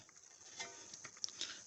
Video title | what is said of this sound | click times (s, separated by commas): Range Rover L322 Rear Brake Service/Replacement | and it'll snap right in | 1.2 s